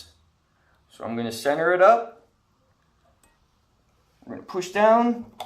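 On a four-stroke scooter cylinder head, a valve spring compressor tool with the valve keepers and spring retainer is centered over the valve stem before being pushed down to seat them. Someone talks in two bursts, with only a faint tick at about 3.2 s in the quiet gap between. Nothing has seated or clicked yet.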